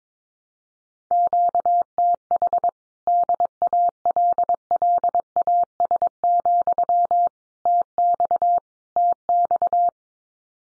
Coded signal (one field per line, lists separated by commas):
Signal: Morse code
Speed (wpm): 22 wpm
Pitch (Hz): 700 Hz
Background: none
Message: QTH DALLAS, TX TX